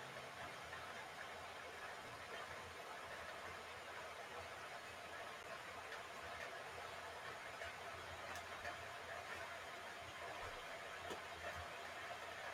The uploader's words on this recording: … is fighting a head cold and has decided to make himself an Americano using his Moka pot.